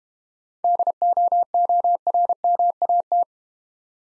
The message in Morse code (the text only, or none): DOORMAT